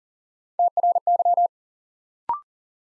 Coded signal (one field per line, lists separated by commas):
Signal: Morse code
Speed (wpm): 37 wpm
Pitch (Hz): 700 Hz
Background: none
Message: TRY